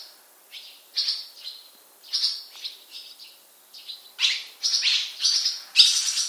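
Bird chirping: bright, high, short notes in uneven bursts, sometimes paired or tripled, growing louder and busier toward the end.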